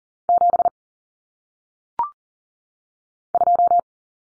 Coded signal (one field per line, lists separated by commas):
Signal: Morse code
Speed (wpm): 40 wpm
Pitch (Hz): 700 Hz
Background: none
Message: 7 2